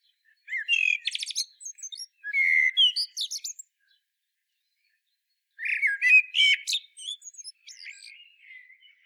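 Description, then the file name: Common blackbird sings three fluting, warbled phrases topped with high, squeaky twittering, with a pause of about two seconds before the last. "Turdus merula"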